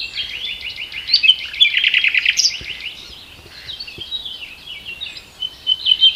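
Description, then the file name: Common nightingale song with quick rhythmic trills and varied chirping phrases, a quieter pause midway, then renewed high notes. "Luscinia megarhynchos"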